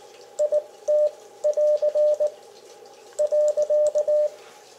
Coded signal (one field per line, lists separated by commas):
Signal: Morse code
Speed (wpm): 19 wpm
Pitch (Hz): 600 Hz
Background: none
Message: IT<AR> .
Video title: Vibroplex Code Warrior Jr CW Paddle Review | CW Code Practice Tips